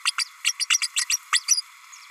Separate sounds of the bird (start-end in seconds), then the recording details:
0.05-0.12, 0.18-0.25, 0.44-0.52, 0.59-0.66, 0.69-0.79, 0.81-0.88, 0.96-1.05, 1.09-1.19, 1.32-1.40, 1.48-1.61. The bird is a female. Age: 32 days. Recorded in a nest box in Venezuela. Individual 17B32A5